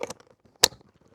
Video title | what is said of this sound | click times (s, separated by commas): Aerion Tech Labs, Standard and Ultra Respiratory Helmets - Unboxing by Founder Mukund Rajukumar | until you hear the click sound. And then | 0.6 s